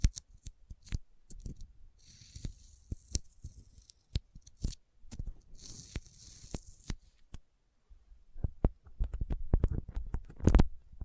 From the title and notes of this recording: ASMR Intense Sticky Finger Sounds (No Talking).